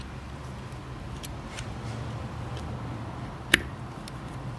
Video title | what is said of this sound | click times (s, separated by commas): How to replace Ford CMax Energi (US) taillight bulbs | slide back in Pops in | 3.5 s